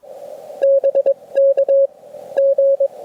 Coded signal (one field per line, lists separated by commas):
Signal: Morse code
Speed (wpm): 22 wpm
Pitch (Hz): 550 Hz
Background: radio noise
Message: BK G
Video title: Parting Ways with My Venus SW-3B: One Last POTA Activation!